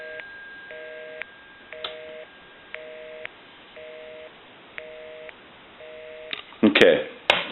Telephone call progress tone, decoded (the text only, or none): busy tone